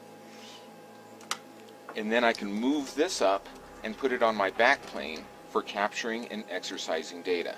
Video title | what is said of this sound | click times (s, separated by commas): PCIe & NVMe Protocol Analyzer - U4301B | attach that to my Interposer – that snap right in on the front there, and then I can move | 1.3 s